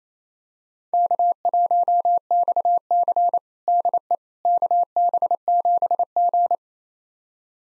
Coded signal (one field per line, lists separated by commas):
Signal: Morse code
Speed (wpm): 28 wpm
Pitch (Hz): 700 Hz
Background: none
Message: K1XC DE KB7G